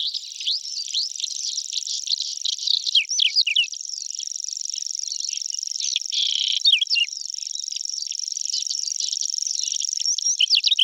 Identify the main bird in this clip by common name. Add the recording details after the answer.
Whinchat. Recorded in the wild. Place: Waltershofen / Freiburg im Breisgau, Baden-Württemberg, DE. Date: 1976-06-12. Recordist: Schwarz, Dieter